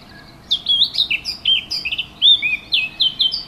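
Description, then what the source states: Warbler song: a continuous three-second phrase of bright, varied warbling notes with quick pitch jumps and a few scratchy elements. Recorded 15 June 2014 with an MZ-N710 recorder.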